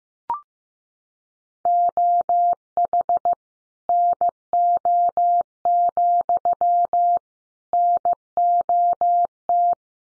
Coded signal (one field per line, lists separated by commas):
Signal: Morse code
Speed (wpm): 15 wpm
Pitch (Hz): 700 Hz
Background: none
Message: OH NO, NOT